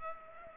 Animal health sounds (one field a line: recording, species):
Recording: mosquito wingbeat signal from an infrared sensor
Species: Culex pipiens